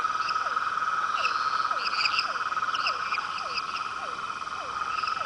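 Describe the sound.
Rhinella ornata toad call heard as an unbroken buzzy trill, accompanied by quick downward notes repeating regularly and occasional higher chirping.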